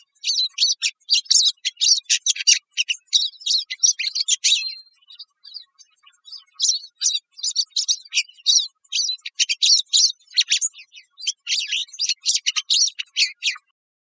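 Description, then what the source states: Pine siskin giving dense, fast twittering calls with scratchy buzzes, delivered in long bursts separated by short pauses midway through. Recorded 16 May 2006.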